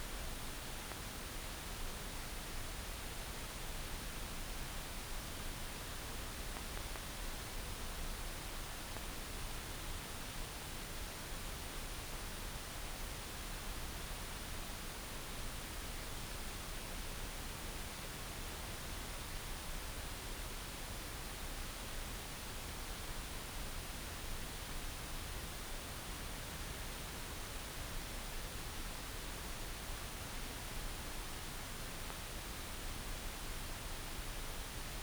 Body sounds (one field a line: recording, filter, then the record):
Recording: brain microelectrode recording played as sound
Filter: wide band, above 20 Hz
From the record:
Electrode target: subthalamic nucleus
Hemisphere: right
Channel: 1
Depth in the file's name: 5.102 mm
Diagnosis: Parkinson's disease